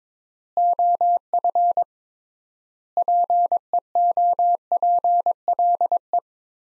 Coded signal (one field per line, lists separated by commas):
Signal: Morse code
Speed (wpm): 21 wpm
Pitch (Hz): 700 Hz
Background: none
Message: OF PEOPLE